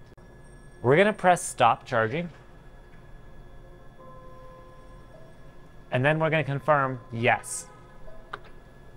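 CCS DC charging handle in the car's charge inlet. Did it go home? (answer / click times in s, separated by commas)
released / 8.3 s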